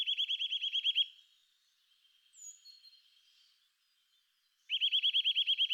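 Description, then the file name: Eurasian nuthatch repeating a fast series of clear upslurred whistles, then a quiet stretch with faint sounds before another rapid series begins. "boomklever"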